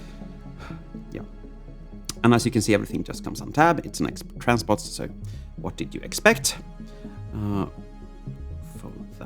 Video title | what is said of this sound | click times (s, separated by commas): Two Wheels, One Bot! Transforming X-Transbots Jocund [Groove] | So push this up until you hear that extra click, and that can be really, really scary. | 2.1 s